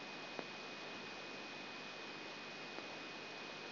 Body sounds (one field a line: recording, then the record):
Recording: brain microelectrode recording played as sound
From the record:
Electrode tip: outside the subthalamic nucleus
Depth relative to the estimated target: -3 mm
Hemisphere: left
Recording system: AlphaMap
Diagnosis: Parkinson's disease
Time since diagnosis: 12 years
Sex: female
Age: 47 years